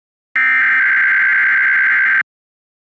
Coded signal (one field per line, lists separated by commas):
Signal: Emergency Alert System (SAME) tones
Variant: header bursts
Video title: Required Weekly Test WXK 85 Oklahoma City Oklahoma 7 PM